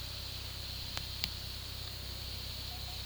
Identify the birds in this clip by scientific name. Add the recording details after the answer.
none. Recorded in pastures near Puerto Asís, Putumayo, Colombia, on 18 February 2024 at 14:00. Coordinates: 0.486, -76.323. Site G6462